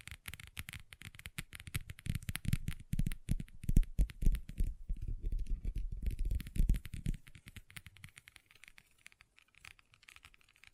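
Long nails tap and scratch across a table in quick, irregular bursts of clicks and scrapes. The activity is densest and loudest from about two to seven seconds, with dull thumps underneath, then thins to sparse light ticks and soft scratching toward the end.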